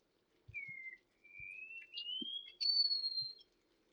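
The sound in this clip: Wallcreeper song of thin, drawn-out whistles: a short falling note, then long notes climbing in steps to a high sustained whistle, with faint low knocks underneath.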